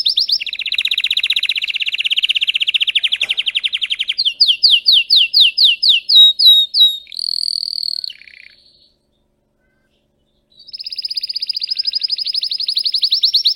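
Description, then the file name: Canary song with a long rapid trill, a series of quick sweeping notes, a steady whistled tone, a pause of silence, then another fast high trill. Belgian canary, red frosted colour variety. "canto do canario belga vermelho nevado"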